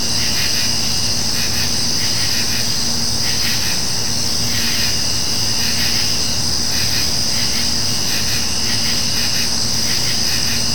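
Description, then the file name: Insects giving a constant high shrilling, with repeated buzzy pulses swelling and fading, over a steady low hum. Summer night nature ambience of insects. "kevin boucher nature ambience summer insects night"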